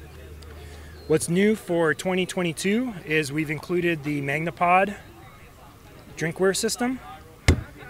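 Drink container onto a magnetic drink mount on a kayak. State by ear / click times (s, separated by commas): seated / 7.5 s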